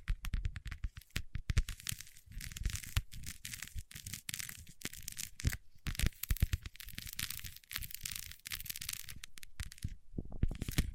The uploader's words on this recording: ASMR with Wax Fingertips for Sleep (No Talking).